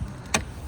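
A Chevrolet Bolt's second rear seatback latch, on the other side of the rear seat, is pulled and releases with a strong single click at 0.4 s. The seatback folds down to open up more cargo space. Low background hum is heard before and after.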